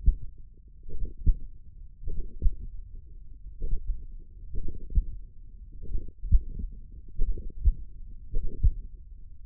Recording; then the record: forearm muscle sounds (acoustic myography)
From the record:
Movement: tripod grip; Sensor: system 1, eight BSWA MPA416 microphones around the upper forearm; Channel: 6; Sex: male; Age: 42 years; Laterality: right